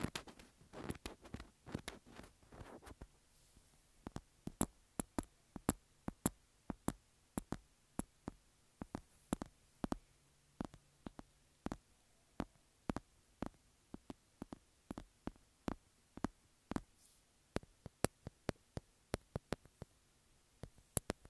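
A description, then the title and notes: Sharp, dry taps on a textured phone case land in quick clusters during the first three seconds, then settle into sparse, fairly regular clicks about every half second. Each tap is crisp. A faint low hum lingers underneath. Tapping and Scratching Textured Phone Case.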